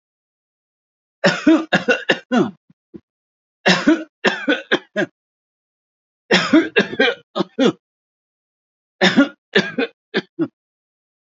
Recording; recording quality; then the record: heavy voluntary cough; excellent, no background noise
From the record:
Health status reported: healthy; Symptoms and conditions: none ticked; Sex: male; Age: 79 years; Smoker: not ticked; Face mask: not worn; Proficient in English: yes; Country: India